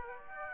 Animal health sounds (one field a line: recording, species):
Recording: mosquito wingbeat signal from an infrared sensor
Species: Aedes aegypti